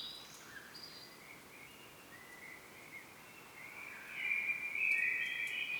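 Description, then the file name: Common blackbird: faint scattered notes at first, then a louder warbled, squeaky phrase building over the final two seconds against soft hiss. "Turdus merula"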